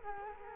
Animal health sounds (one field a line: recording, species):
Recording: mosquito wingbeat signal from an infrared sensor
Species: Culex quinquefasciatus